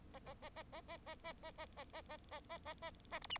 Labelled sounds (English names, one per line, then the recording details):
Bengalese Finch song
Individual Bird4